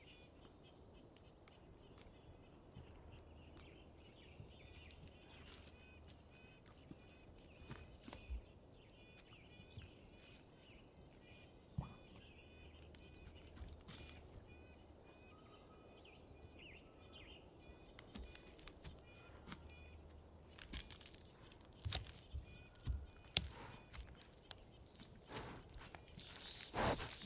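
Outdoors in a wildlife area, scattered bird calls and chirps rise over a low steady hum, growing busier with sharp clicks toward the end.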